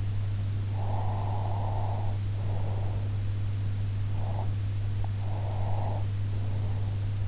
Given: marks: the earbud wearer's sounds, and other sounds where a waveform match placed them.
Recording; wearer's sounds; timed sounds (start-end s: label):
sounds in sleep by an in-ear microphone; breath
0.70-3.18 s: breath
4.06-4.66 s: breath
5.18-7.14 s: breath